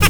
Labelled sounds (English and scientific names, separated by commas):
Zebra Finch (Taeniopygia guttata) hat call